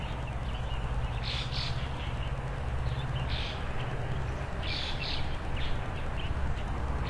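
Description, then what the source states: Bird chirps in a few short bursts, some paired, over a loud continuous low hum. Early morning, birds playing on branches in front of a rural country house, heard from an opened window; calm, quiet scene.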